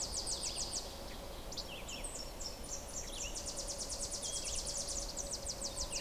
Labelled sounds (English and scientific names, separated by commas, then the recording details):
Red-eyed Vireo (Vireo olivaceus) song
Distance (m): 95 m
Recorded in boreal forest in Alberta, Canada, on 26 May 2016 at 06:16
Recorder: SongMeter 3, array SBT-3-15
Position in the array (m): 126 m, -6 m